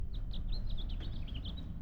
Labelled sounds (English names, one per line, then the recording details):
House Finch song
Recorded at Oceanside on Long Island, New York, on 17 June 1975
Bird A